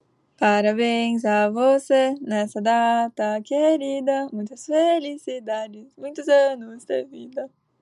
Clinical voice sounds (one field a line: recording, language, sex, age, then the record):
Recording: short text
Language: Brazilian Portuguese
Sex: female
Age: 18 to 19 years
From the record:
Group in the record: control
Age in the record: 18 years